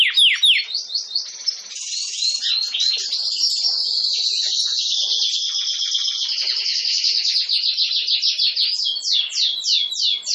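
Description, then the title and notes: Domestic canary song: a long continuous run of rapid trills and rolls, with sweeping downward notes at the start and end, all high-pitched. Belgian canary breed (Canário Belga), singing. "Canário Belga Campainha Canary Singing. Canario Belga Cantando"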